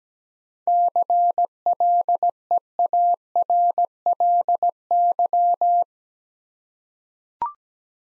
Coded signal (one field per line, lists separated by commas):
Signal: Morse code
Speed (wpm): 17 wpm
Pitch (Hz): 700 Hz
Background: none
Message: CLEARLY